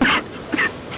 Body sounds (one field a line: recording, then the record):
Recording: coughing mixed with background sound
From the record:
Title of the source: 31 night wet cough